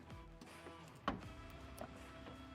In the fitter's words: this plugs directly into the headlight until it clicks.